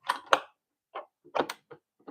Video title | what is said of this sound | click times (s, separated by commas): Juicing for Beginners and Must have Juicing Essentials 2026 | All right, that's snapped in. | 0.3 s